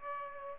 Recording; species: mosquito wingbeat signal from an infrared sensor; Aedes aegypti